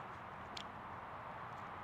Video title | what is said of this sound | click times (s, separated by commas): The BEST Tripod Ever Made? The Peak Design Travel Tripod | slide this back in from the other side put this in there to lock it in place | 0.6 s